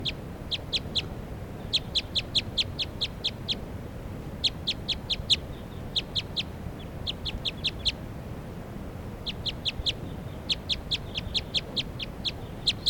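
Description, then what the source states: Crossbill giving fast runs of clipped, high-pitched kip notes, bunched in groups of varying length with brief gaps, against a faint low rumble. Wild female, real light colour, left-crossing bill, calling rapidly, then flying back up to the top of a tree; at Sage Hen, on 3 May.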